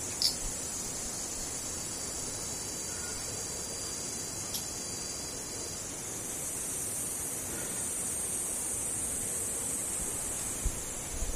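Cicadas keep up a steady, high, shrill buzz for the whole eleven seconds, its pitch shifting slightly after about six seconds. A soft, low rushing noise runs underneath, broken by a few brief clicks near the start, around 4.5 seconds and near 10.5 seconds.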